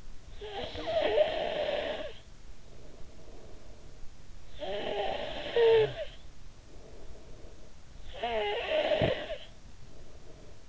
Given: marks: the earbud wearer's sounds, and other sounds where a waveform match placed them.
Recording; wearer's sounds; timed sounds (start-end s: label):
sounds in sleep by an in-ear microphone; snoring breath
0.00-4.20 s: snoring breath
4.46-7.75 s: snoring breath
7.87-10.69 s: snoring breath